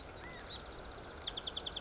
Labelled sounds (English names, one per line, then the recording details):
California Quail
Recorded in Sonoma County, California